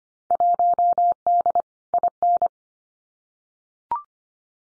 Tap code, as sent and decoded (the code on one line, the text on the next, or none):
none